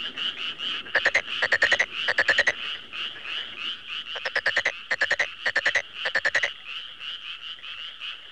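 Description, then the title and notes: Frog croaking in clipped rattling bursts, groups of quick pulses with brief gaps, over a faint continuous chorus. "NHK Sound Effects Collection Frogs, Crickets, Cicadas, Horses, Dogs. NHK効果音集 カエル・虫・セミ・ウマ・イヌ"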